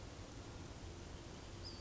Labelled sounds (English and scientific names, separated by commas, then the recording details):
Western Flycatcher (Empidonax difficilis)
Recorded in Sonoma County, California